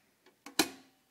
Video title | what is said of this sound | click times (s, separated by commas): TGM Inspection Pan | and this will snap into place more thoroughly watch | 0.6 s